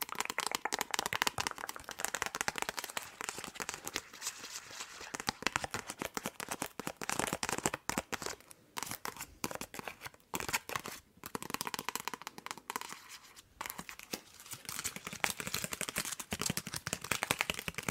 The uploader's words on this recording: Tapping and Scratching with LONG NAILS.